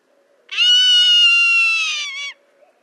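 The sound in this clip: Zone-tailed hawk scream: a single long, drawn-out cry held steady for nearly two seconds, sagging a little in pitch at the end.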